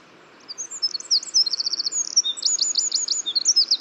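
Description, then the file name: Eurasian wren song: after a brief quiet start, a fast, very high outpouring of sharp chips and rattling trills runs without pause to the end. "Troglodytes troglodytes"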